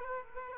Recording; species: mosquito wingbeat signal from an infrared sensor; Aedes aegypti